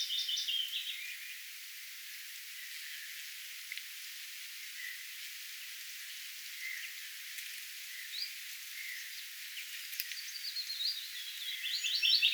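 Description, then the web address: Willow warbler song, with a descending phrase ending at the start and another beginning at the close, separated by a long stretch of background hiss. 10 May 2025; the bird comes gradually closer while singing and ends right beside the recorder. "paivat 10 5 2025 pajulintu tulee vahitellen lahemmaksi laulamaan ja on lopuksi aivan vierella"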